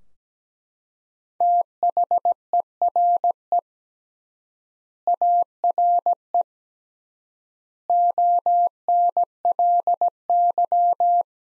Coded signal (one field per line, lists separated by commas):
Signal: Morse code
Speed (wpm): 17 wpm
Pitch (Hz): 700 Hz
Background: none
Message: THERE ARE ONLY